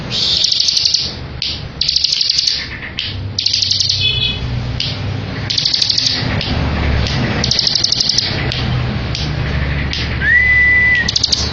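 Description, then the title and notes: Bar-winged prinia song, rapid high trilled bursts repeated with brief gaps, one clear rising whistle near the end, low rumbling background. Ngebren song of the bar-winged prinia, used as a tutor for training white-rumped shamas. "Ciblek Ngebren Untuk Masteran Murai Batu. Suara burung ciblek - Suara Nada"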